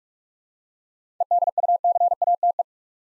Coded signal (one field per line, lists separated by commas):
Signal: Morse code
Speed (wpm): 44 wpm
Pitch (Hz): 700 Hz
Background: none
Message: EDUCATE